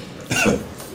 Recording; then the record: coughing mixed with background sound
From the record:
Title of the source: Spring Cold Coughing.